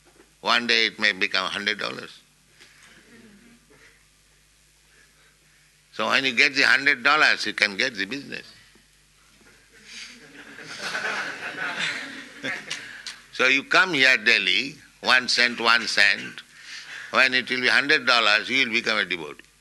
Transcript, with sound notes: one day it may become a hundred dollars. So when you get the hundred dollars, you can get the business. [laughter] So you come here daily, one cent, one cent... When it will be hundred dollars, you will become a devotee.